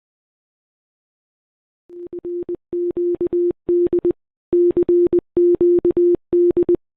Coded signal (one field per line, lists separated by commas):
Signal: Morse code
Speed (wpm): 20 wpm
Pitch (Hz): 350 Hz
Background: none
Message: RQD CQD